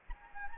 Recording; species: mosquito wingbeat signal from an infrared sensor; Anopheles gambiae